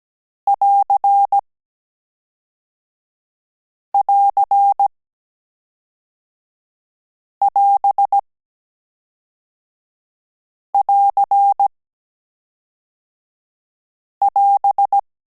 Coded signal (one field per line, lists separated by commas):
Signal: Morse code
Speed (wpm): 17 wpm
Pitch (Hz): 800 Hz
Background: none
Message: <AR><AR><AS><AR><AS>